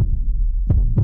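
Dull, low-pitched thumps, all in the deep bass, recur at a steady spacing of roughly 0.3 to 0.7 seconds over a faint hum. This is an ordinary heartbeat of an adult woman, too brief to give a reliable rate.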